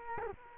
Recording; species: mosquito wingbeat signal from an infrared sensor; Culex quinquefasciatus